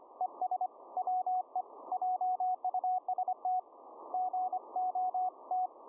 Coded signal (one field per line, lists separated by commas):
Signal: Morse code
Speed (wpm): 25 wpm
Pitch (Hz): 740 Hz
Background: radio noise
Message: ES WE JUST GOT